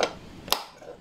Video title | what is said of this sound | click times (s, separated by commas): 4 na electric fan, stand fan at orbit fan. Dami nating matutunan dito sa video na to mga kalikot. | ba nag-lock na siya So ganun lang yung madaling paraan mga kalikot tapos | 0.5 s